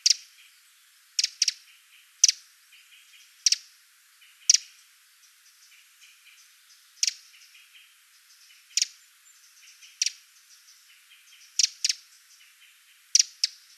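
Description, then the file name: Eurasian wren giving a series of hard, dry tick calls, single and doubled, at irregular intervals. "Troglodytes troglodytes"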